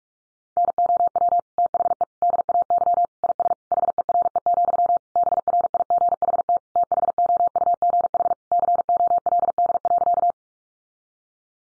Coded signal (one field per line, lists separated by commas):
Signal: Morse code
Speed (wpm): 44 wpm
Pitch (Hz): 700 Hz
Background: none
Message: NOW THE DAY IS HERE, BRIGHT THOUGH COLD.